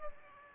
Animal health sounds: mosquito wingbeat signal from an infrared sensor; Aedes aegypti

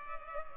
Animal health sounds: mosquito wingbeat signal from an infrared sensor; Culex pipiens

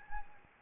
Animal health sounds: mosquito wingbeat signal from an infrared sensor; Anopheles gambiae

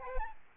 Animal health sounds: mosquito wingbeat signal from an infrared sensor; Aedes albopictus

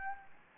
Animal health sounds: mosquito wingbeat signal from an infrared sensor; Anopheles gambiae

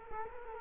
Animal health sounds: mosquito wingbeat signal from an infrared sensor; Culex quinquefasciatus

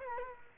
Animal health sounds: mosquito wingbeat signal from an infrared sensor; Culex quinquefasciatus

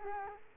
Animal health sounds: mosquito wingbeat signal from an infrared sensor; Culex quinquefasciatus

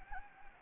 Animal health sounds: mosquito wingbeat signal from an infrared sensor; Anopheles gambiae

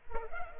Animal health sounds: mosquito wingbeat signal from an infrared sensor; Culex pipiens

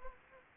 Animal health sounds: mosquito wingbeat signal from an infrared sensor; Anopheles gambiae

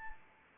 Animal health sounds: mosquito wingbeat signal from an infrared sensor; Anopheles arabiensis

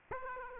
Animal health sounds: mosquito wingbeat signal from an infrared sensor; Aedes aegypti

